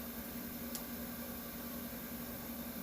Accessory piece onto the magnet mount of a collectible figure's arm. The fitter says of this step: this one attach to the magnet feed this one through the left arm until you hear the click from the magnet and